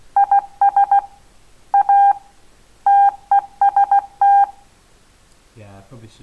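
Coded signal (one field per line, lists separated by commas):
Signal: Morse code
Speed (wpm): 16 wpm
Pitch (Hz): 800 Hz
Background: speech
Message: IS A TEST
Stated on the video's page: Morse generated by a Haskell program.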